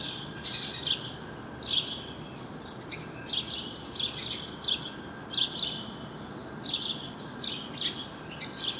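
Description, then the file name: House sparrow chirping steadily, harsh double and single notes repeated many times, against constant background noise. "Passer domesticus"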